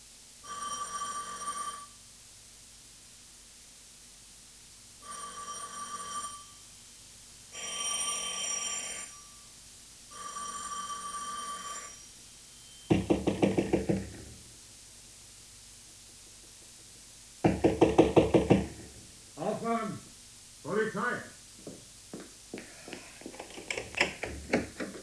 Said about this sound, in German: Los hier, Mann! Ist das eine Art, so irre zu klingeln?